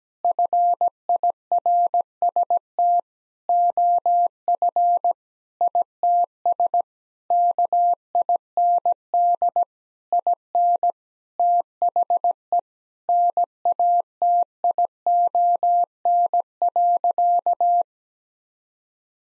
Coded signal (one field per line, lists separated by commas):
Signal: Morse code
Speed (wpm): 17 wpm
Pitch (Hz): 700 Hz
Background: none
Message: FIRST OF ITS KIND IN THE NATION.